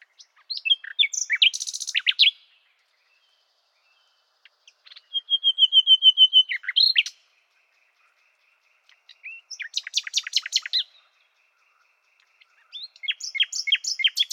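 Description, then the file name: Common nightingale song in four phrases, including a steady series of whistled pips and bursts of fast, sharp repeated notes. "Luscinia megarhynchos"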